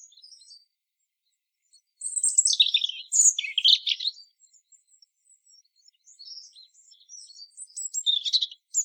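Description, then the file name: European robin singing a rapid, high-pitched tumble of sweet twittering notes, trailing off into softer, scattered phrases before a brief louder ending. "Erithacus rubecula"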